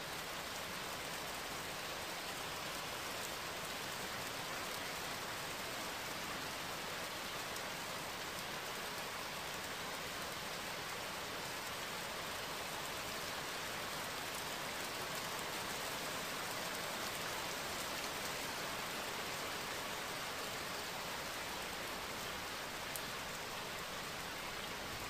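Night rain in Bruges, Belgium falls in a steady, dense hiss that holds even from start to finish. The patter is bright and fine-grained, with countless drops blurring together, and only a few sharper drop ticks stand out now and then.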